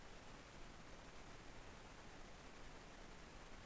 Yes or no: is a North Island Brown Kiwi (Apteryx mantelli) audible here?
no